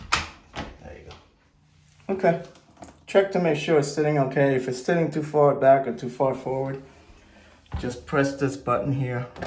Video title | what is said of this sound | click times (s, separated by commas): ECO NOVA BIDET Installation and Review. GREAT UPGRADE! | right slide this in place until it clicks there you go | 0.1 s